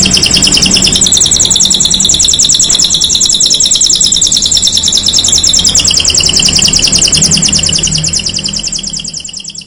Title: Canto Para Esquentar Canário Belga. Suara Burung Kenari Black red Gacor Dor